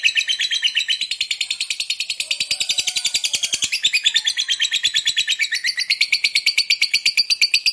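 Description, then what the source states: Lovebird singing nonstop: a fast, dense chatter of high buzzy notes that shifts in tone midway and carries on to the end. Fighter lovebird, gacor (singing energetically).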